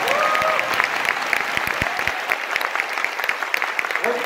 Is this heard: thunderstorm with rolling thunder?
no